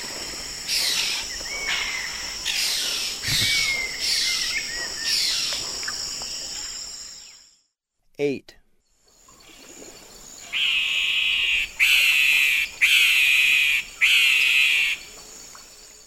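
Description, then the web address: Black-capped donacobius song: thin rising notes among rough bursts, then a pause and a run of loud buzzy, harmonic phrases about a second each, over a steady high insect drone. Eastern lowlands of South America. "Natures Songs S America Eastern Lowlands. Black-capped Donacobius"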